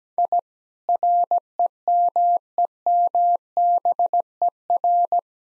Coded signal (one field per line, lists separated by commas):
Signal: Morse code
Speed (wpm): 17 wpm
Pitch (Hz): 700 Hz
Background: none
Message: I REMEMBER